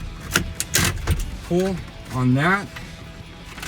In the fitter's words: Ziehen Sie einfach daran und die Clips lösen sich.